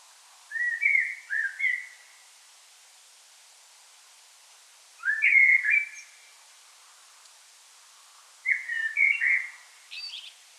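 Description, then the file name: Common blackbird giving three rich whistled phrases roughly four seconds apart, the last followed by a thin high squeak. "Turdus merula"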